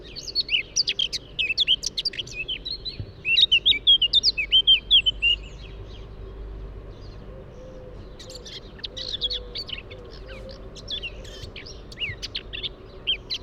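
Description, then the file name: Eurasian blackcap song: a rich warbling phrase of quick varied notes, then a pause and a second scratchy warbled burst. "Sylvia atricapilla"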